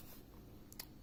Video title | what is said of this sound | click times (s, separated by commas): Windows 10 Lumia 950 overview part 1 | it till it snaps that's | 0.7 s, 0.8 s